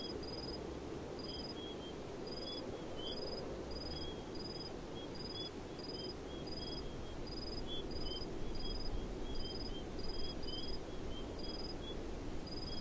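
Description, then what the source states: Crickets keep up rapid, evenly spaced pulsed chirps, with softer lower chirps from another cricket interleaved, over steady low-frequency background rumble. Several crickets, recorded in the desert.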